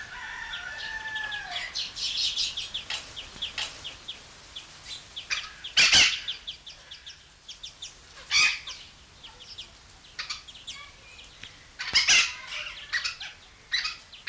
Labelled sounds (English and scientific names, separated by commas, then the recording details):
Red-masked Parakeet (Aratinga erythrogenys) call
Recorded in captivity
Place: Zoo Augsburg, Bayern, DE
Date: 1993-09-04 10:59
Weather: 14°C, bedeckt
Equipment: Marantz CP 430, Sennheiser MKH 416 T, Kopie Uher Variocord 263
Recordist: Tembrock, Günter
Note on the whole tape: Kurzlaute in Gruppe